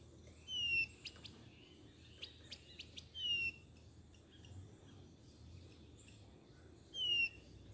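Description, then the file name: Blue-naped chlorophonia song, a clear high whistled note slurring downward, repeated a few times with pauses, plus faint clicks. "canto do gaturamo bandeira"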